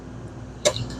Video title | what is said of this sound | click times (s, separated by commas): Bunn Cappuccino Machine Repair | you can see you can turn it and then it they click into place okay | 0.7 s